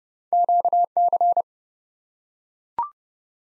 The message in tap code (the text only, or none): none